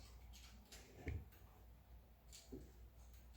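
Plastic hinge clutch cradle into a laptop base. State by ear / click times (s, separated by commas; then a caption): seated / 0.7 s, 1.1 s. A hinge clutch is refitted into its plastic cradle in the base of a Compaq LTE 5000 series laptop after a dropped screw was retrieved. It snaps home with sharp clicks at 0.7 s and 1.1 s over a low background hum, leaving the clutch seated in its cradle.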